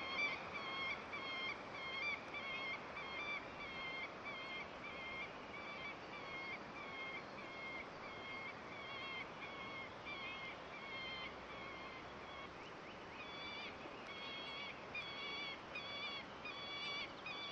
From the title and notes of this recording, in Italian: Verso del falco pellegrino. Registrazioni effettuate in varie parti del mondo.